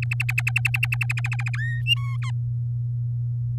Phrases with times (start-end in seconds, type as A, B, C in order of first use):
0.02-1.59 A, 1.59-1.82 B, 1.86-2.17 C, 2.22-2.31 D